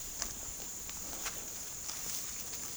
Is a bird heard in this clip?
no